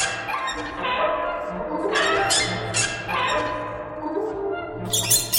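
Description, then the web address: Bird squawks and harsh calls with falling, harmonic-rich tones, mixed with scattered high chirps and a brief burst of squeaks at the end. "soundfactory birds"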